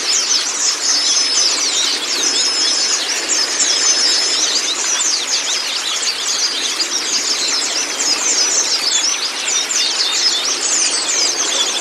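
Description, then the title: White-eye song, a nonstop stream of thin, high chirps and quick warbled notes, overlapping densely above constant background hiss. White-eye (pleci kacamata si putih) song on a training recording (masteran) meant to get a silent (bisu) pleci singing constantly (gacor). "mster Mnuk. Terapi Pleci Bisu Menjadi Gacor Abis. Masteran Pleci Kacamata Si Putih"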